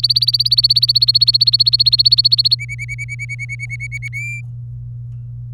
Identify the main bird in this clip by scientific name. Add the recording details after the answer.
Serinus canaria. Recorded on 24 April 2018 at 10:50. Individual llb3